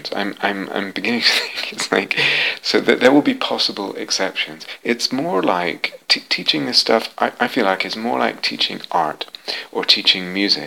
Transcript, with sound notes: I'm beginning to think... [laughs] There will be possible exceptions. It's more like, teaching this stuff, I feel like, is more like teaching art or teaching music.